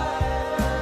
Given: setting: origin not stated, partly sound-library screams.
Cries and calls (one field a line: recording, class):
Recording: one-second piece from a danger detection set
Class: normal situation